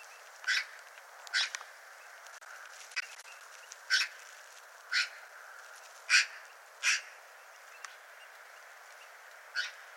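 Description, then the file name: Eurasian magpie giving several harsh, rasping single calls at irregular intervals, over a quiet background. "Pica pica"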